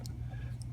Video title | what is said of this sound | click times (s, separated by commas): Omega Speedmaster Professional Review -- Man on the Moon Watch | clicks into place there. | 0.1 s, 0.6 s